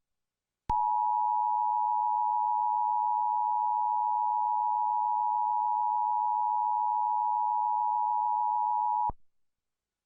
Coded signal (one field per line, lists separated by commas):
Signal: Emergency Alert System (SAME) tones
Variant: 853 and 960 Hz attention tone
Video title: EAS ALARM NO WAYY (fake btw)